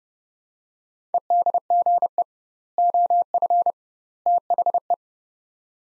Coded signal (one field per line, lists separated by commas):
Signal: Morse code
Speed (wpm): 30 wpm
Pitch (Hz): 700 Hz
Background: none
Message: EDGE OF THE